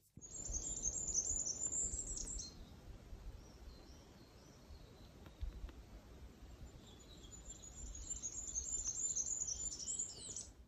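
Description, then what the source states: Goldcrest song, very high, thin jingling phrases of rapid squeaky notes, one near the start and another toward the end, faint over soft background hiss. Faint; a little jingling, insistent, almost mechanical squeaking sound.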